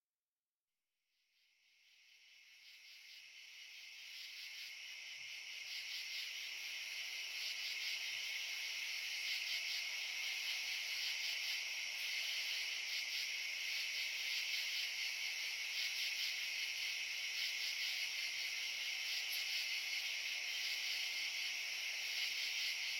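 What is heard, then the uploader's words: A dense, steady wall of high insect buzzing fills a backyard at night, swelling in over the first seconds, then holding constant. Recorded at night in my back yard. Summer 2010. Night Sounds.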